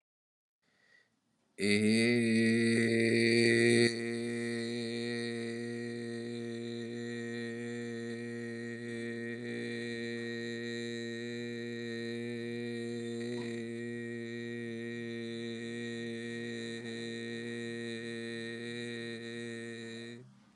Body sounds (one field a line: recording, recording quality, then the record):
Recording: sustained vowel as in made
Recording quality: excellent, no background noise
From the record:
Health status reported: exposed to COVID-19, no respiratory illness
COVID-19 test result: not tested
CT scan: not taken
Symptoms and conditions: cough, cold, breathing difficulty, sore throat, fever, fatigue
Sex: male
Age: 31 years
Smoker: no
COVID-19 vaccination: both doses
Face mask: not worn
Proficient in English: yes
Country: India